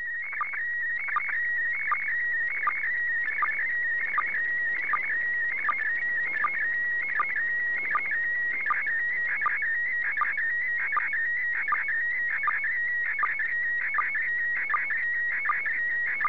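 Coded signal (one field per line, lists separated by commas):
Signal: SSTV (slow-scan television)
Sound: warbling, chirping tone around 2 kHz with steady rhythmic ticks throughout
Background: radio static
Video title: SSTV SLOW SCAN TV FROM THE ISS International Space Station 12 04 2015[HD]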